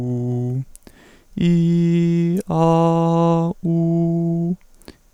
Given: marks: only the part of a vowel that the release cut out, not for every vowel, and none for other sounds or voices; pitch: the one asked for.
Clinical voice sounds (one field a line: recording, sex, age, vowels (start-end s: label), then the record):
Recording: sustained vowels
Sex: male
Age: 18 to 19 years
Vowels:
0.00-0.53 s: vowel /u/, normal pitch
1.52-2.32 s: vowel /i/, high pitch
2.60-3.41 s: vowel /a/, high pitch
3.72-4.44 s: vowel /u/, high pitch
From the record:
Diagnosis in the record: stuttering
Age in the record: 18 years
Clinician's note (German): Nicht ganz abgeschlossene Mutatio